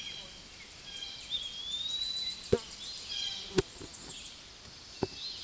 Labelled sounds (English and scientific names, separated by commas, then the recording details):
Tennessee Warbler (Leiothlypis peregrina) song
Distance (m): 50 m
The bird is about 15 m above the microphone
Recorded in a Pennsylvania forest on 16 May 2024 at 08:57
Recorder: AudioMoth, point MSD-2155
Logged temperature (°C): 15.6 °C
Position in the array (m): 28 m, 152 m